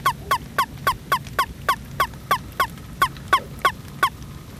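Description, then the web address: Frog giving a steady series of short, sharp notes, roughly three each second, repeated evenly throughout over faint background noise. "Frogs World call voice"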